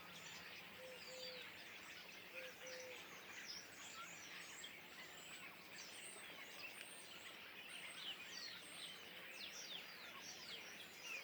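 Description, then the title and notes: Common starling flock keeps up an unbroken chorus of chirps, whistles and scratchy notes, with a few short low tones early on. Flock perched in trees beside the Louroux pond, Le Louroux, Loches, Indre-et-Loire, Centre-Val de Loire, France; recorded with Sennheiser MKH8020 ORTF stereo pair, Rycote, Sound Devices MixPre6 II. "Le Louroux, Loches, Indre-et-Loire, Centre-Val de Loire, France métropolitaine, 37240, France - étourneaux sansonnet dans les arbres. Nuée d'étourneaux posés dans un arbre aux abords de l'étang du louroux"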